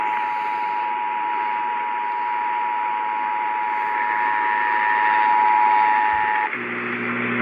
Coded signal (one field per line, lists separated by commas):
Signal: Emergency Alert System (SAME) tones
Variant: 853 and 960 Hz attention tone